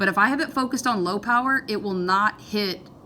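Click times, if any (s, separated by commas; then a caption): none. Someone talks while a microscope's revolving nosepiece is turned to swing the 40x high-power objective lens in over the slide, already focused on low power. Nothing has clicked into place yet; the objective has not seated by the end of the clip.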